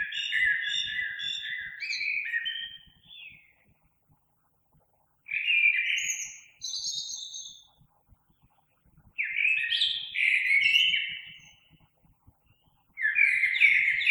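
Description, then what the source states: Common blackbird song: four melodious warbled phrases with high thin twittering, roughly every four seconds with quiet gaps between. Recorded 3 March 2020.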